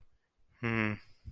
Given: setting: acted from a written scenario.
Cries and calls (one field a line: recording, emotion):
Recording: vocal sound without words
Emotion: disappointment